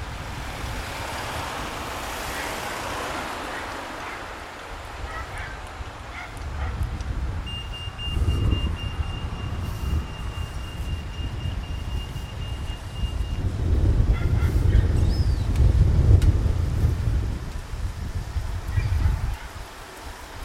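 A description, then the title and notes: A soundwalk in Margate, with a low rumble throughout that swells into heavy buffeting around 8 seconds and again from about 13 to 18 seconds. A thin, steady high tone holds from roughly 7 to 13 seconds, and a few short honk-like calls are scattered through. Soundwalk in Margate. Recorded with handheld Sony PCM-A10.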